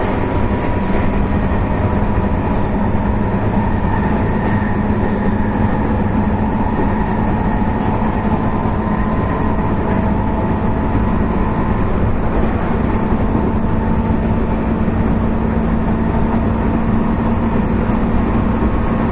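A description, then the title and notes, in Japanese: A 221 series electric train runs steadily, a dense low rumble with a constant hum and faint whining tones throughout, without breaks. JR221系 大和路快速 大阪から久宝寺まで。JR西日本221系電車の走行音です。大阪環状線から大和路線への直通列車、大和路快速で収録しました。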